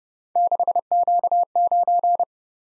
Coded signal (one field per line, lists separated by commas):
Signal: Morse code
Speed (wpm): 30 wpm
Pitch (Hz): 700 Hz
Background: none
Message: 6Q9